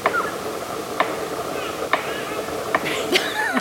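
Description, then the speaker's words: Palm cockatoo drumming: five sharp percussive taps, mostly evenly spaced. Male drumming with a stick or seed pod held in the foot as a mating display; each male has its own preferred drumstick and signature drumming style, recognisable by ear. "Not only that, each bird has its own signature drumming style, too."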